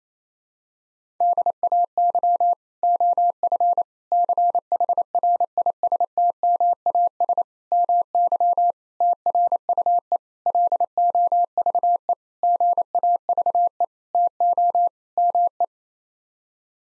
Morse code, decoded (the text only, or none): DAY OF CHRISTMAS MY TRUE LOVE GAVE TO ME